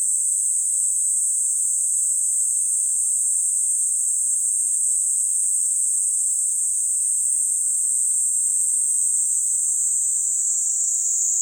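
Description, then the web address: Cicadas droning, an unbroken high shrill buzz that holds steady throughout with no breaks or other sounds. Cicadas recorded in summer at Sannohe. "Sound Effects-Foundation INSECT CICADAS SANNOHE SUMMER LOOP 04"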